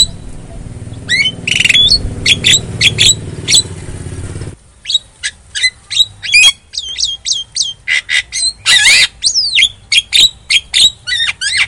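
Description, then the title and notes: Javan myna singing sharp whistled chirps and harsh squawks, a low rumbling background for the first seconds, then quick repeated notes and buzzy bursts. Lure meant to prompt a silent, non-singing bird to sing. "Pancingan Jalak Kebo Bisu. Kicau Jalak Kebo"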